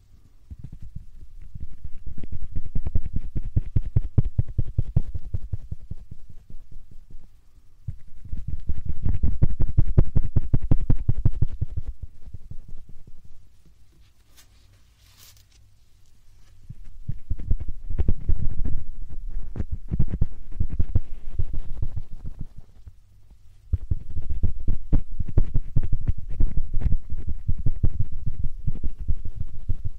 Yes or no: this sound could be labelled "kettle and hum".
no